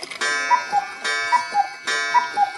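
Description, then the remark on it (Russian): A wall cuckoo clock with a mechanical bird calls three times in a steady rhythm, each mechanical click followed by the familiar two-note falling cuckoo, fairly loud with no one talking. “Вдруг где-то рядом щелкнуло, скрипнуло.”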